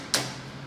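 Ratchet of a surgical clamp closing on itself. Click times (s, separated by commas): 0.1 s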